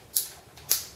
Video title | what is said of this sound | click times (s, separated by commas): TSD SRC Tan M4 review | it's clicked into place. It has a good feeling to it. | 0.2 s, 0.7 s